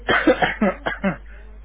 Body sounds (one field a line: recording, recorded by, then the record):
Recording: voluntary cough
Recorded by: telephone call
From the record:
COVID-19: positive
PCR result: checked with the laboratory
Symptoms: no